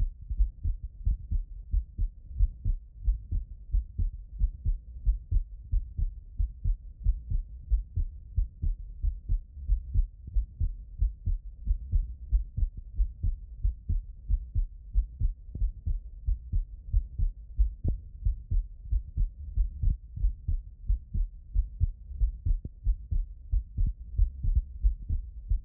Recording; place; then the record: heart sounds by stethoscope; tricuspid valve (TV)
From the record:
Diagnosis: non-HFrEF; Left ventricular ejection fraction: 45%